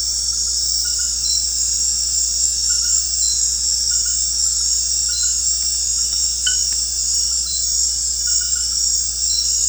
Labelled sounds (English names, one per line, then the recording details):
none
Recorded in secondary vegetation near Puerto Asís, Putumayo, Colombia, on 13 March 2025 at 19:30
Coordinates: 0.484, -76.319
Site G010